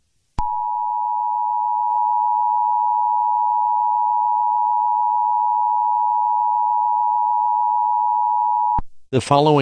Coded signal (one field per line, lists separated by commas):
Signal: Emergency Alert System (SAME) tones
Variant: 853 and 960 Hz attention tone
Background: speech